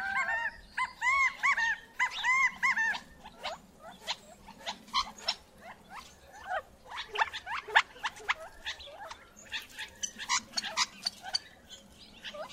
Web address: Sounds gambelsquail